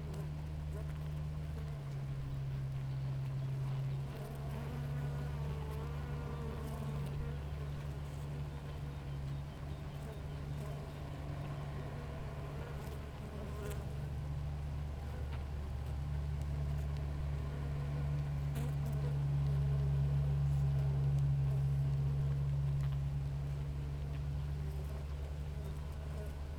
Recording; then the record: honeybee colony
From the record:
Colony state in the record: active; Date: 28 July 2017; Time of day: 6:12